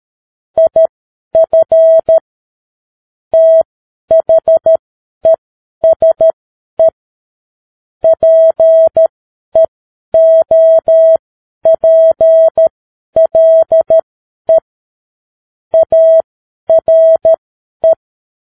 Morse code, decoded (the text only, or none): IF THESE PEOPLE ARE